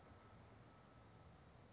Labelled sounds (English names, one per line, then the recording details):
California Towhee
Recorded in Sonoma County, California